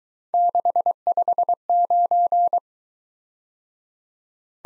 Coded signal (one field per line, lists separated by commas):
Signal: Morse code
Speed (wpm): 22 wpm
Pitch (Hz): 700 Hz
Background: none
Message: 659